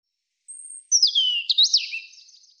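European robin song: a thin, high drawn-out note, then a liquid phrase of swooping, rising and falling whistles that trails off quietly.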